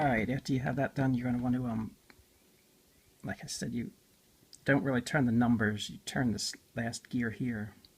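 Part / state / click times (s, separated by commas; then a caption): plastic odometer gear into the speedometer odometer assembly / not seated / none. A plastic odometer gear is handled in the speedometer odometer assembly of a Dodge Daytona or other Chrysler vehicle, with the last gear of the number stack turned by hand rather than the numbers. Someone talks throughout, and a faint tick is heard around 2.1 s during a pause. Nothing has seated or clicked into place yet.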